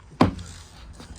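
The opening side panel door on the cockpit side of a brand-new Beneteau Antares 8, a small 8-metre motor boat, is pulled round and closed. A sharp latch click is heard at 0.2 s, followed by a faint, softer knock. The door is shut and locked into place.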